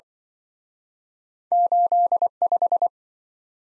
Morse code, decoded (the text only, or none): 85